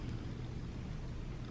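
A bobbin case is held with its notch lined up to the cut-out in an embroidery machine's bobbin area, just before it is pushed in. Only a steady low rumble and broadband noise are heard, with no sudden sounds. Nothing has seated or clicked yet.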